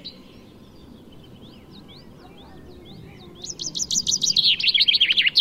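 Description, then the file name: Common chaffinch song: faint soft notes at first, then a loud, fast rattling trill of bright notes running down into a terminal flourish. "Fringilla coelebs"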